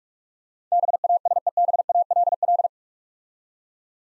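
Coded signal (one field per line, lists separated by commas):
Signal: Morse code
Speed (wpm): 46 wpm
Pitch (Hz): 700 Hz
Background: none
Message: BASEBALL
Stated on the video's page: Morse practice of 8-letter words at 45 wpm, each sent twice.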